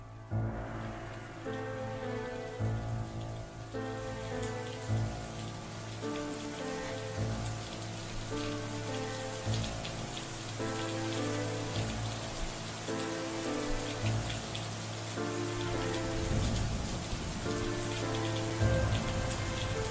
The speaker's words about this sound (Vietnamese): Ở bên ngoài trời giả rích một màn mưa ẩm ướt.